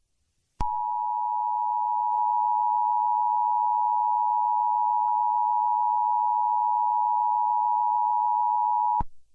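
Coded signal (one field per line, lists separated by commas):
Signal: Emergency Alert System (SAME) tones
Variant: 853 and 960 Hz attention tone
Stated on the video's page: Fictional EAS scenario/mock.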